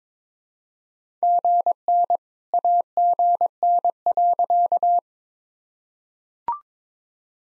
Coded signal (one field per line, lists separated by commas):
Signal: Morse code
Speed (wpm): 23 wpm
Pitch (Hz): 700 Hz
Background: none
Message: GN AGN.